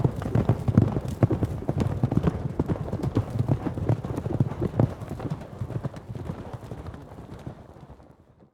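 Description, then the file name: Galloping horses, rapid heavy hoofbeats thumping in a rolling rhythm, gradually fading away toward the end. Four horses galloping. "4 horses gallop on"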